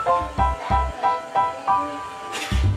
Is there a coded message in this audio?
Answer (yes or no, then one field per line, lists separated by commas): no